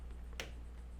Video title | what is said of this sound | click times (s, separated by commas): JoeFixIt - 3rd gen Prius 2010-2015 Window Belt Moulding replacement | You can hear it clip, | 0.4 s